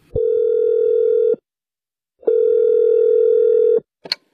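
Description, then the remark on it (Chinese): A telephone line tone while calling a home renovation company: two long, steady, mid-pitched buzzing tones separated by a pause, followed by a brief click. No voices. “哎，别急别急，我呀给装修公司打一电话问问。”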